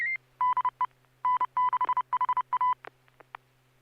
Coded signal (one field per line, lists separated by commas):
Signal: Morse code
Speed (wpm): 30 wpm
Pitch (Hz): 1000 Hz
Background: none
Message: DE N6HA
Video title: N6NA SSTV Net - 10/15/2025